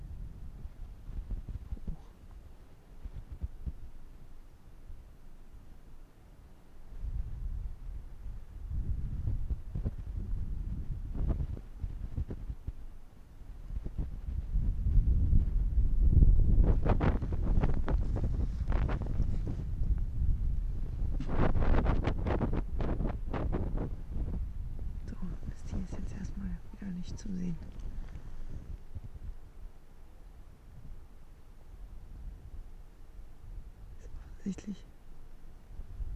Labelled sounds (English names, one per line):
Arctic Fox